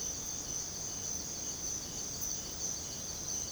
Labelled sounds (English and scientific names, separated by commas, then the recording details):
none
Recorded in secondary vegetation near Puerto Asís, Putumayo, Colombia, on 20 December 2024 at 04:30
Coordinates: 0.489, -76.322
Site G059